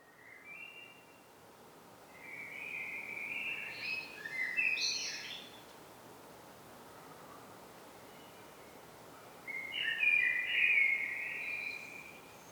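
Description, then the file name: Common blackbird song with mellow whistled phrases ending in higher squeaky notes, a pause, then another rich warbled phrase near ten seconds over steady background hiss. "Turdus merula"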